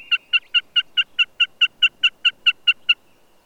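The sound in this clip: Bird calling in a fast, even series of many harsh, nasal notes that stops abruptly, over faint background hiss.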